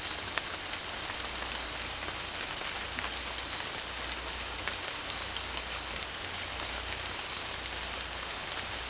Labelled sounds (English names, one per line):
none